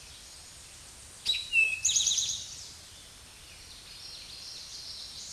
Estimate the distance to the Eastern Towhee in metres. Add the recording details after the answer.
about 5 m. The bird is about 5 m above the microphone. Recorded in a Pennsylvania forest on 16 May 2024 at 06:06. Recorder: AudioMoth, point MSD-0627. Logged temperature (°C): 14.8 °C. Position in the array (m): 109 m, 6 m